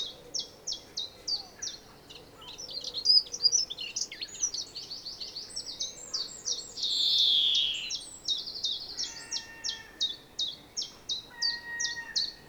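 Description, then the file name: European greenfinch calls: rapid, high, twittering chirps and one long buzzy wheeze midway; thin, steady tones also sound toward the end. "Chloris chloris"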